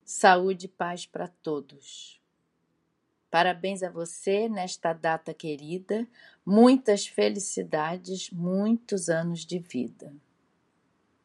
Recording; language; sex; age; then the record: short text; Brazilian Portuguese; female; 60 to 69 years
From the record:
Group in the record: control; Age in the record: 65 years